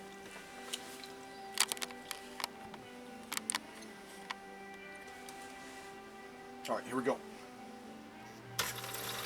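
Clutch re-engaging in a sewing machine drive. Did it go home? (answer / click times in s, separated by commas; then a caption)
yes / 8.6 s. On a 1960 Viking Husqvarna CL-21A vintage sewing machine, the foot controller is pressed and the clutch in the drive kicks back in, re-engaging with a small mechanical click at 8.6 s. Someone talks over a steady background hum and music, with several sharp ticks and clacks earlier in the clip. The clutch is confirmed as seated and re-engaged.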